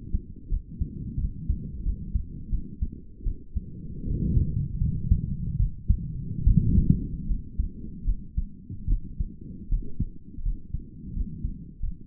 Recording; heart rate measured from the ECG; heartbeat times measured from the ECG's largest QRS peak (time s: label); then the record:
heart sounds by stethoscope; 80 bpm
0.49 s: heartbeat
1.18 s: heartbeat
1.83 s: heartbeat
2.49 s: heartbeat
3.24 s: heartbeat
4.05 s: heartbeat
4.78 s: heartbeat
5.57 s: heartbeat
6.44 s: heartbeat
7.26 s: heartbeat
8.04 s: heartbeat
8.87 s: heartbeat
9.69 s: heartbeat
10.43 s: heartbeat
11.14 s: heartbeat
11.80 s: heartbeat
From the record:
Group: healthy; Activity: rest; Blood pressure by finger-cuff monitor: 147/76 mmHg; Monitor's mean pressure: 103 mmHg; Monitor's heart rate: 81 bpm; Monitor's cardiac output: 8.4 L/min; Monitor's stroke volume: 103 mL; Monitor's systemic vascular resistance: 990 dyn s/cm5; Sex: female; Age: 22 years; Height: 154 cm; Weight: 58.7 kg